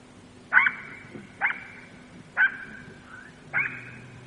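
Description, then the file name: Jackal calling four short high yelps about a second apart, each trailing into a thin sustained whine; a faint low hum runs beneath. "zvuki shakala"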